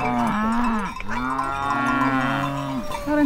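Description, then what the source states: Cow mooing: a few long, low, drawn-out moos following one another with hardly a break. Free-roaming cattle herd walked through on an alp at about 2000 m, Val Gronda, Graubünden, Switzerland.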